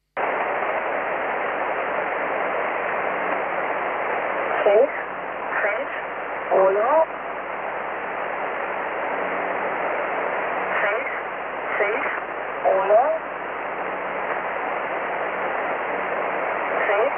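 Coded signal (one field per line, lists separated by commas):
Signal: numbers station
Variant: V07, Mandarin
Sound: loud radio hiss with faint short spoken words in groups of three, evenly spaced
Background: radio static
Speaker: I am now going to play you a clip of what V07 sounds like so you at least get the idea of what the station did sound like when it was broadcasting.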